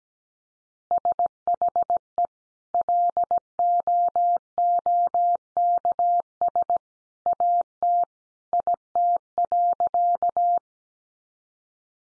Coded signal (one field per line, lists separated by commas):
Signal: Morse code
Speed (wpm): 17 wpm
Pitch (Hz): 700 Hz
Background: none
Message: SHE LOOKS AT IT.